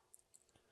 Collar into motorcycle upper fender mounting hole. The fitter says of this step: They're a tight fit, but pop into the hole with a snap sound.